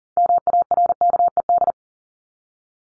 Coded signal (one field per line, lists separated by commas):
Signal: Morse code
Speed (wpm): 40 wpm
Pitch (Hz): 700 Hz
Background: none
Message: MARKED